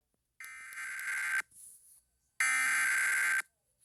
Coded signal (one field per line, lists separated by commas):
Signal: Emergency Alert System (SAME) tones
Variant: header bursts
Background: speech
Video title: Eas svr near Brownsville tx Eas#676